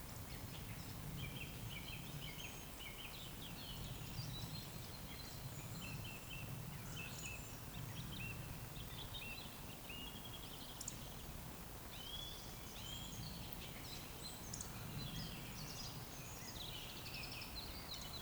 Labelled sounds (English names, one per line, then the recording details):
Eurasian Woodcock whistle
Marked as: whistle, whistle, whistle, whistle, whistle, whistle
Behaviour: display flight
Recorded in Baden-Württemberg, Germany, on 11 June 2020 at 20:11 UTC
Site 14569, 102 m above sea level